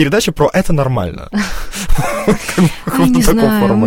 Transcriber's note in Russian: смеются